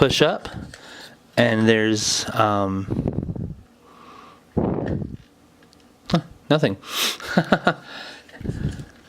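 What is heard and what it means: Someone talks while handling the plastic panels of an Elita-1 Voyager Class Power of the Primes transforming figure (UPC 630509648801), pushing them up and in during transformation so they lock into the body. Short plastic taps and handling noises sit between the speech. The clip ends before the panels go home, and nothing has seated or clicked yet.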